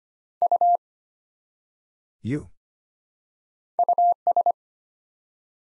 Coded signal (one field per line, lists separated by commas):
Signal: Morse code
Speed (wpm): 25 wpm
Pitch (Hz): 700 Hz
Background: none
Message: U US